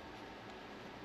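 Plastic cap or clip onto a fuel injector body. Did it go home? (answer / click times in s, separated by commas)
no / none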